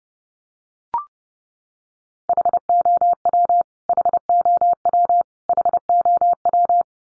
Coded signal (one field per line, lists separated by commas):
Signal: Morse code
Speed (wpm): 30 wpm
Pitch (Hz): 700 Hz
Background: none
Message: HOW HOW HOW